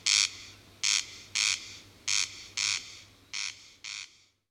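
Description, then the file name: Corn crake giving dry rasping double notes, seven harsh pulses before stopping. "Digiffects Sound Effects Library - Corn Crake"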